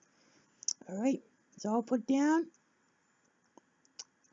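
A new electric fuel pump is pushed into the fuel pump assembly bracket and clicks into place, with sharp clicks at 0.6 and 0.7 seconds. Someone then talks, followed by a few faint ticks near 3.6 and 4.0 seconds. The pump is confirmed seated in the bracket.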